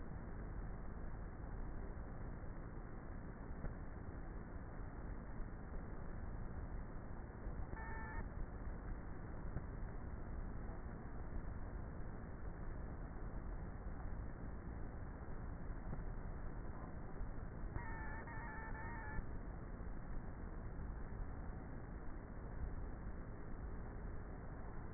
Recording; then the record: honeybee colony, microphone inside the hive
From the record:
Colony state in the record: queenless with a low population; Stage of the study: before two queens were removed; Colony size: about 30,000 bees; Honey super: no